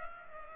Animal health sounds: mosquito wingbeat signal from an infrared sensor; Culex pipiens

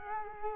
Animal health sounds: mosquito wingbeat signal from an infrared sensor; Culex quinquefasciatus

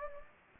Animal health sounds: mosquito wingbeat signal from an infrared sensor; Anopheles gambiae

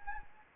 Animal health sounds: mosquito wingbeat signal from an infrared sensor; Anopheles gambiae

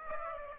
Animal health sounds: mosquito wingbeat signal from an infrared sensor; Aedes aegypti

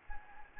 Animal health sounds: mosquito wingbeat signal from an infrared sensor; Anopheles gambiae

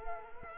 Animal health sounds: mosquito wingbeat signal from an infrared sensor; Culex quinquefasciatus

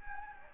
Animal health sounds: mosquito wingbeat signal from an infrared sensor; Anopheles gambiae

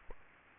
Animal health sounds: mosquito wingbeat signal from an infrared sensor; Aedes aegypti

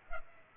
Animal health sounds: mosquito wingbeat signal from an infrared sensor; Culex pipiens

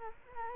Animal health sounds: mosquito wingbeat signal from an infrared sensor; Culex quinquefasciatus

